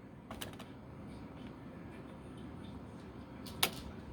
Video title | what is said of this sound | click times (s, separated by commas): MasonJar fletching his arrows | Alright, I heard the click. | 3.6 s